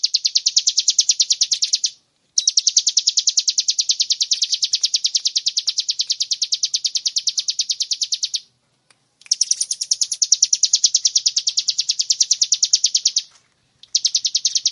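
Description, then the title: Bar-winged prinia singing long rapid strings of high, clipped chip notes, broken by three short gaps before each new burst. Used to train cage birds. "Masteran Ciblek"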